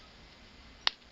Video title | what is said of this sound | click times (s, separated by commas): How To Fix Kenmore Wash Machine Agitator #IAMACREATOR | it down evenly all the way around through you hear that snap there | 0.9 s